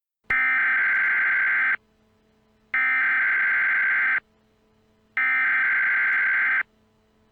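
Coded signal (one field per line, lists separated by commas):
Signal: Emergency Alert System (SAME) tones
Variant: header bursts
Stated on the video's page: Fictional EAS scenario, remastered, not a real alert.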